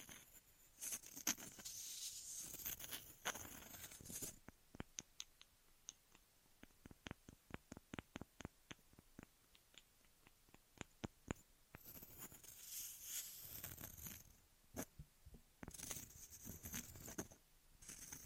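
Ear massage and cleaning sounds: soft rubbing and brushing swells, with quick clicky taps in between. From about five to eleven seconds the taps come fast and regular, then the hissy rubbing returns in long strokes through the end.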